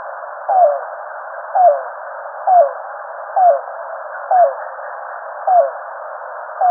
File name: Yellow-billed Cuckoo